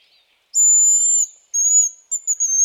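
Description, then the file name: Hazel grouse uttering a long, needle-thin high whistle, then a second sustained note, then a few quick stuttering notes. "haselhuhn"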